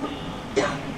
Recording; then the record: coughing mixed with background sound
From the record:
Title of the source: female coughing - coughing sound effects girl